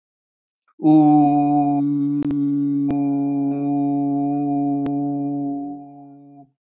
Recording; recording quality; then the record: sustained vowel as in boot; excellent, no background noise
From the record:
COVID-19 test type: RT-PCR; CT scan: not taken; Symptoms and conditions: cough, cold, sore throat, fatigue, loss of smell and taste, chronic lung disease, pneumonia, hypertension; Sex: male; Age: 23 years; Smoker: no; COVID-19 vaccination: both doses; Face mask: not worn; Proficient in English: yes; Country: India